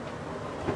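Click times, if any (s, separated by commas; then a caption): none. A magnetic catch on a fitting in a van's toilet area is handled as the part is brought toward place, with a steady low rumble throughout and a brief louder swell around 0.7 s. Nothing has seated or clicked yet.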